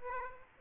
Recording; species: mosquito wingbeat signal from an infrared sensor; Aedes aegypti